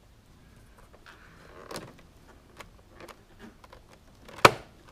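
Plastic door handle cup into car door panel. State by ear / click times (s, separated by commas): seated / 4.5 s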